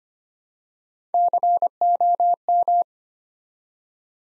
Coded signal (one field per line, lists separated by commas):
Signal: Morse code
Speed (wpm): 25 wpm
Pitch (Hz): 700 Hz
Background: none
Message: COM